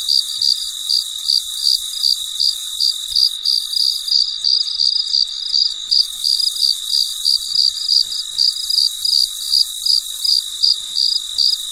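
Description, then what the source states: Cricket chirps, clipped high pulses in an even train close to three each second, a steady shrill tone running beneath. Recorded late at night in quiet surroundings.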